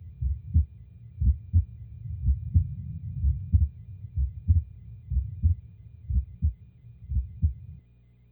These are normal heart sounds in a healthy 20-year-old woman. There are two sounds. The first one is single, and the second one has two components.